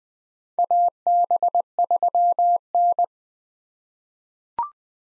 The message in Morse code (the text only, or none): AB3N